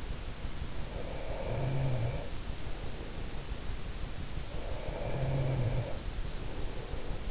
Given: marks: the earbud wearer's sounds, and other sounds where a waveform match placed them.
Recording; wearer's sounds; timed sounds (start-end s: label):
sounds in sleep by an in-ear microphone; breath
0.94-3.33 s: breath
4.23-7.31 s: breath